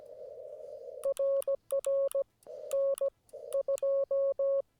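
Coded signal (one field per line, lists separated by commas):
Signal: Morse code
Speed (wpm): 16 wpm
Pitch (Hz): 550 Hz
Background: none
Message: RR N 2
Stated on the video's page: CW POTA park activation at 25 watts on a Yaesu FT-891 with US Morse paddles and a Chameleon 17-ft whip.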